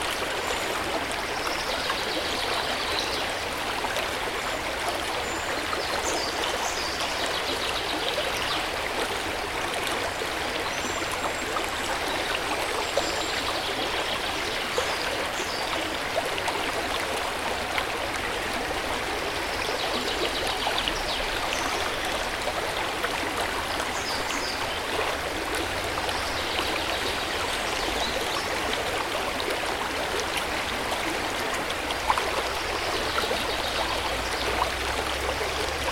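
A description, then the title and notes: A powerful river rushes steadily, a dense, unbroken roar of churning water that holds the same level throughout, full in the middle and upper range with a soft low rumble beneath. Faint, high bird chirps occasionally peek through the water's noise. A Powerful River Flowing, Relaxing Water Sounds & Birds Singing In A Lush Forest. The soothing sounds of a powerful river flowing and rushing down the forest and some joyful singing birds. As you listen to the gentle chirping of birds in the background.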